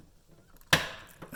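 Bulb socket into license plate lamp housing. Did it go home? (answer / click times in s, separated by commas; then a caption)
yes / 0.7 s. On a 2012 Toyota Prius, the plastic bulb socket holding a new bulb is pushed back into the license plate lamp housing and given a quarter turn by hand. After a quiet lead-in, a single sharp click rings out at 0.7 s, followed by a fading tail and a small tap near the end. The socket seats in the housing.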